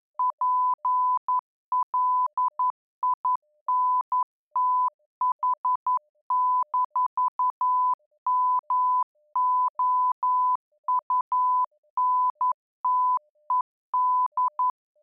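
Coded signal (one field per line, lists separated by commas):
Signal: Morse code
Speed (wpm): 11 wpm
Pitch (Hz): 1000 Hz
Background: none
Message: PLINTH-MOUNTED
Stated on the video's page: Graded Morse training, 10 to 12wpm, for subconscious learning, with simulated interference, local oscillator drift and signal strength variation.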